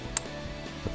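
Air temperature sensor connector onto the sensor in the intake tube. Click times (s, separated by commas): 0.2 s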